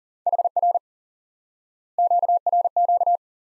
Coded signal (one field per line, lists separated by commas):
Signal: Morse code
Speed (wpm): 40 wpm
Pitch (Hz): 700 Hz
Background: none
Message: HR QRQ